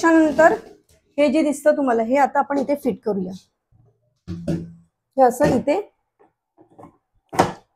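Someone talks while placing the grinding stone into the chamber of a home flour mill and pressing it into place. There are a few soft knocks, then a sharp hit at 7.4 s as the stone seats and is fitted.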